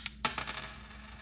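An old CR2032 coin cell is pried out of its holder in the plastic battery compartment of a Fisker Ocean key fob. A faint tick at 0.1 s comes before a sharp, bright snap at 0.3 s as the cell pops free, followed by two lighter clicks around 0.4 and 0.5 s. The battery is released from the holder.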